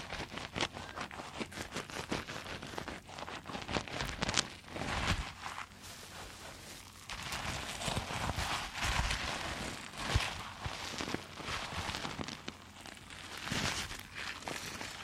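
Dense crinkling and squeezing sounds run through the whole fifteen seconds, packed with quick crackles and taps that come in irregular bursts. Louder, brighter scratchy clusters rise around four to five seconds, near nine to ten, and again near fourteen, between softer stretches.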